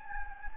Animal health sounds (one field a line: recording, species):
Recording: mosquito wingbeat signal from an infrared sensor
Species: Anopheles gambiae